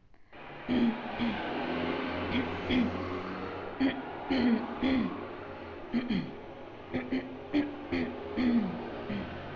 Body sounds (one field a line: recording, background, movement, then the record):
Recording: throat clearing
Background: traffic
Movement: sitting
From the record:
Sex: female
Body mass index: 22.6 kg/m2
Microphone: on the chest, facing outward